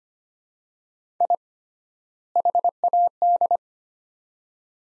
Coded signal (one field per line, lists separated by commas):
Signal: Morse code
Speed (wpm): 25 wpm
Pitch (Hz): 700 Hz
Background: none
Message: I HAD